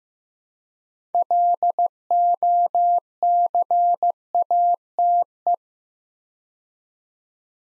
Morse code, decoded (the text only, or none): LOCATE